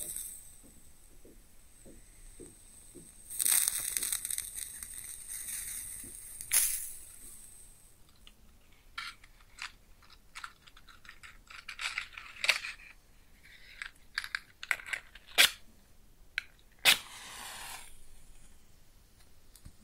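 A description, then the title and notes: A match is struck close up, flaring with a bright hiss around three seconds, then burns with sharp crackles and sizzling pops until it's put out. ASMR Close Up Matching LightingExtinguishing Fire Crackles & Sizzles (No Talking).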